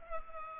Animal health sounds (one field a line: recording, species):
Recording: mosquito wingbeat signal from an infrared sensor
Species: Culex pipiens